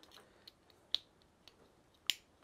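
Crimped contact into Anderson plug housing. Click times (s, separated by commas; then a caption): 2.1 s. A crimped metal contact on a wire is pushed into a plastic Anderson connector housing until its lip engages. Faint ticks and a sharp click near 0.9 seconds lead to the loudest sharp click at 2.1 seconds, when the contact seats in the housing.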